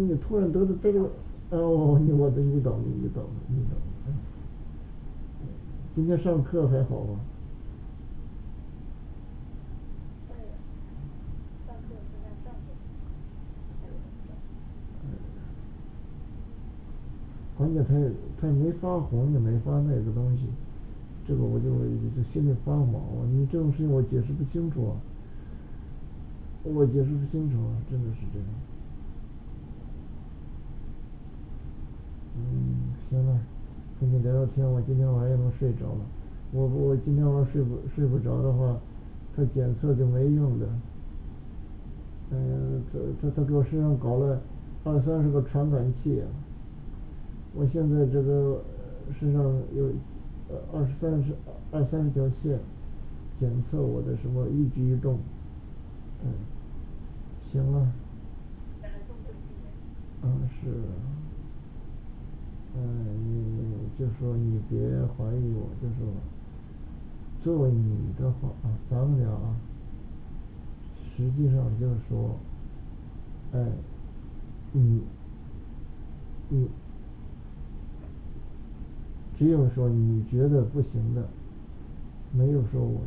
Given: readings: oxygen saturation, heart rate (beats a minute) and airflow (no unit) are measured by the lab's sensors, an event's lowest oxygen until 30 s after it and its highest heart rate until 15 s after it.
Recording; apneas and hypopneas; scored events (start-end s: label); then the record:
a person awake in a sleep study, by a smartphone at the bedside; none
0.00-83.07 s: awake
From the record:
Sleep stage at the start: awake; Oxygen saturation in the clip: 95 to 96%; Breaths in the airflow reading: 21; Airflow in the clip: -5.5 to 6.3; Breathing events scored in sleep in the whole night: 216 in 7.0 hours asleep